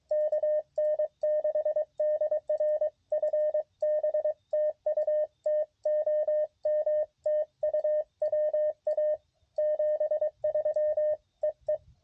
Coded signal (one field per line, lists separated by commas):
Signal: Morse code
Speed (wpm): 22 wpm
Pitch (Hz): 610 Hz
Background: radio noise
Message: KN6DR FB TU TOM TU WA 73 EE